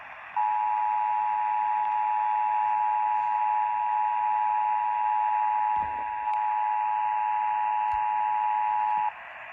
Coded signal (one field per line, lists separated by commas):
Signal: Emergency Alert System (SAME) tones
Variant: 853 and 960 Hz attention tone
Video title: 2 HOURS EARLY???? | KSL - AM Required Monthly Test EAS#514